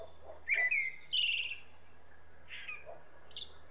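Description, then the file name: Common blackbird giving one short song phrase of a fluted whistle and a higher trill, followed by a few faint softer notes. "Turdus merula"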